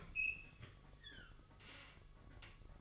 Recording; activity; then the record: daily activity, microphone in the room; open fridge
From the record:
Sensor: 4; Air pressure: 1008.6 hPa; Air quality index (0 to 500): 76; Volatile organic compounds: 1 ppm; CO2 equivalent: 636 ppm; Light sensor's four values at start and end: 16/37/15/15 and 14/33/14/14